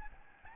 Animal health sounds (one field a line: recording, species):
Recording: mosquito wingbeat signal from an infrared sensor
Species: Aedes albopictus